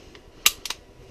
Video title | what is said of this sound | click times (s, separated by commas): CZ-52 - How To Field Strip And Reassemble The CZ52 | you hear it snap? There it went. | 0.5 s